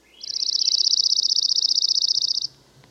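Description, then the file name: Dark-eyed junco trill: one rapid, even run of high, dry notes held at a steady pitch for about two seconds, then stopping abruptly; quiet background. "Dark eyed Junco Junco hyemalis"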